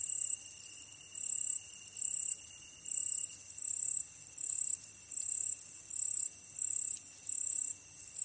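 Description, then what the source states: Yama-yabukiri katydid singing in regular high buzzy bursts, each lasting about half a second, separated by short gaps, over a thin continuous background hum. Recorded 15 August 2010 at 22:43.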